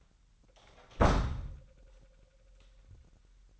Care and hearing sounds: daily activity, microphone in the room; close door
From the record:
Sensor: 3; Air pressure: 998.4 hPa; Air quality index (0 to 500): 142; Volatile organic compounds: 4 ppm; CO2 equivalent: 1696 ppm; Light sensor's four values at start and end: 16/45/18/17 and 16/46/18/17

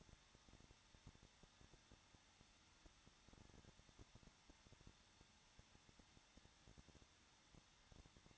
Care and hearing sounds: daily activity, microphone in the room; no activity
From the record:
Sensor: 3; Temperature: 21.2 degrees Celsius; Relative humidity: 36.4%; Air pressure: 1006.3 hPa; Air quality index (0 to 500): 223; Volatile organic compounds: 44 ppm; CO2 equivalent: 3206 ppm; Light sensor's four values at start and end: 2/3/2/2 and 2/3/2/2

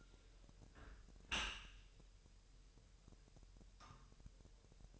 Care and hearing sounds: daily activity, microphone in the room; close dishwasher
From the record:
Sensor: 2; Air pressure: 1000.6 hPa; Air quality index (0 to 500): 247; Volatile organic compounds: 93 ppm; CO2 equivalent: 3706 ppm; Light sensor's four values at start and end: 9/22/9/9 and 9/22/9/9

